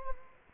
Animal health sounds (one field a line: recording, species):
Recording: mosquito wingbeat signal from an infrared sensor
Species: Culex quinquefasciatus